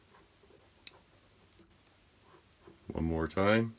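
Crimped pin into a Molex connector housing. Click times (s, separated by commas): 0.9 s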